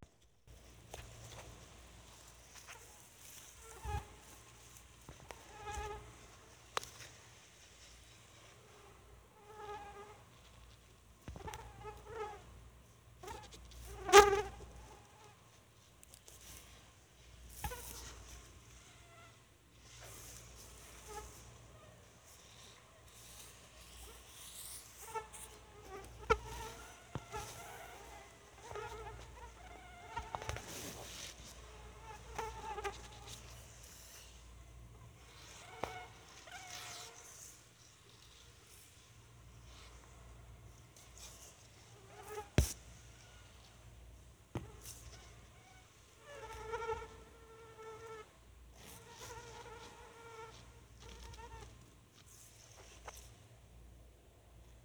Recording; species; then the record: mosquito flight sound by mobile phone; Anopheles albimanus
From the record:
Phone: Sony Xperia